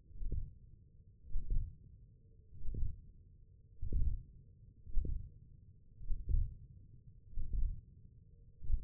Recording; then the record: forearm muscle sounds (acoustic myography)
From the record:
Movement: hand opening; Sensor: system 1, eight BSWA MPA416 microphones around the upper forearm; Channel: 4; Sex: male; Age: 20 years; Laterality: left